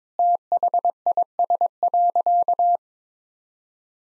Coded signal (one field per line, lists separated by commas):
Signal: Morse code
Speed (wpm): 22 wpm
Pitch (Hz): 700 Hz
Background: none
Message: THIS.